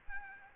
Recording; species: mosquito wingbeat signal from an infrared sensor; Aedes albopictus